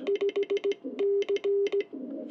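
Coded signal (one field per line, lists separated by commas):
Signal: Morse code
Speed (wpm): 16 wpm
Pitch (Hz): 400 Hz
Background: none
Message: 5C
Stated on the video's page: Straight key QSO with a station in Italy.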